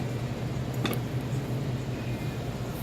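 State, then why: Seated. During reassembly of a shake machine, a component is pushed all the way through into its housing, then turned and rotated until it snaps into position. Over a steady low hum, a small snap is heard at 0.9 s with a second one at 0.9 s, confirming the part is seated correctly.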